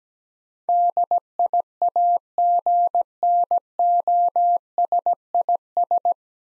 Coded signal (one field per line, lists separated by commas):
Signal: Morse code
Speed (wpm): 17 wpm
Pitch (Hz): 700 Hz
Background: none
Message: DIAGNOSIS